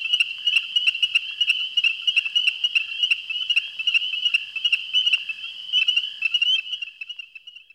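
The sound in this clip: Ornate chorus frog calls: many high, clipped peeps repeated quickly, thinning toward the end as the calling fades.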